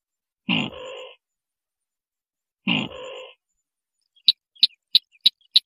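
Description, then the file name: White-breasted waterhen giving two grating croaks a couple of seconds apart, then a quick series of short, sharp clicks. "Tieng quoc hoa chang nghich"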